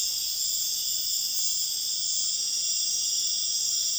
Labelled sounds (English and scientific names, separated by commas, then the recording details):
none
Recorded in dense forest near Puerto Asís, Putumayo, Colombia, on 4 March 2025 at 03:30
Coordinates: 0.481, -76.323
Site G088